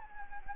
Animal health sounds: mosquito wingbeat signal from an infrared sensor; Anopheles gambiae

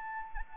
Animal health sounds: mosquito wingbeat signal from an infrared sensor; Anopheles arabiensis

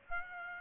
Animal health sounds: mosquito wingbeat signal from an infrared sensor; Aedes aegypti

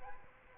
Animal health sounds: mosquito wingbeat signal from an infrared sensor; Aedes aegypti

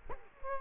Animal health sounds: mosquito wingbeat signal from an infrared sensor; Culex quinquefasciatus

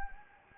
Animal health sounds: mosquito wingbeat signal from an infrared sensor; Anopheles gambiae

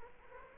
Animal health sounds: mosquito wingbeat signal from an infrared sensor; Culex quinquefasciatus

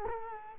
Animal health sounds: mosquito wingbeat signal from an infrared sensor; Culex quinquefasciatus

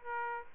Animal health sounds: mosquito wingbeat signal from an infrared sensor; Aedes aegypti

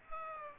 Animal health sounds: mosquito wingbeat signal from an infrared sensor; Aedes aegypti

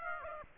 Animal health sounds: mosquito wingbeat signal from an infrared sensor; Aedes aegypti

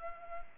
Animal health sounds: mosquito wingbeat signal from an infrared sensor; Culex pipiens

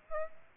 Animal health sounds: mosquito wingbeat signal from an infrared sensor; Aedes aegypti

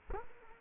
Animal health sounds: mosquito wingbeat signal from an infrared sensor; Culex quinquefasciatus

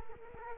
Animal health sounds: mosquito wingbeat signal from an infrared sensor; Culex quinquefasciatus

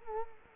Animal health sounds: mosquito wingbeat signal from an infrared sensor; Culex quinquefasciatus

